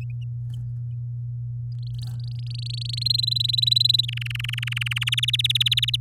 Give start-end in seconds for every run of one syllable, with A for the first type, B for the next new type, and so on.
1.78-3.03 A, 3.05-4.05 B, 4.08-5.09 C, 5.12-5.96 D